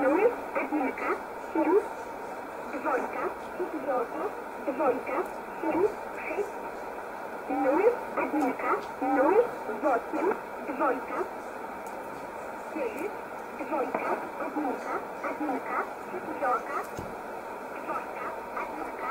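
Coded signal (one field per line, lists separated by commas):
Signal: numbers station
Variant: S11a Cherta, Russian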